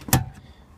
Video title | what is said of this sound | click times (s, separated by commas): 2011 Jeep Grand Cherokee Driver Side Headlight Replace | oh you heard it snap there uh the bulb should be loose so I'm going to stop here and pull the bulb out | 0.1 s